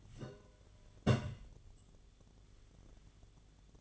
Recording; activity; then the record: daily activity, microphone in the room; place on stove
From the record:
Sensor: 4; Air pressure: 1010.8 hPa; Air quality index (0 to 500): 167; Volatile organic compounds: 4 ppm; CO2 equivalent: 1700 ppm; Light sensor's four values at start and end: 39/112/45/46 and 40/114/46/47